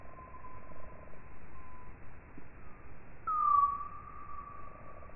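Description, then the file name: Common noctule calls: a few faint flat tones early on, then a stronger note that drops briefly and holds a long steady pitch, with low background hiss. "Nyctalus noctula"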